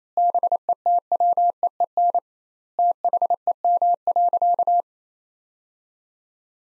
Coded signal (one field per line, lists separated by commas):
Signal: Morse code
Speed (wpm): 28 wpm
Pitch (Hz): 700 Hz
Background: none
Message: BETWEEN THEM.